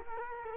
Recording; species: mosquito wingbeat signal from an infrared sensor; Culex quinquefasciatus